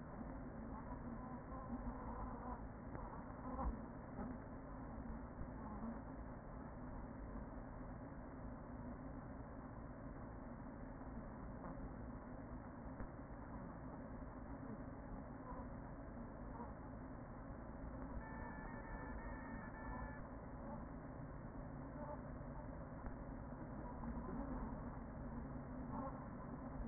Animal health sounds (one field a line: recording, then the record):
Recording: honeybee colony, microphone inside the hive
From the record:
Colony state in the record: queen present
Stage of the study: after two queens were removed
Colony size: about 40,000 bees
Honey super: no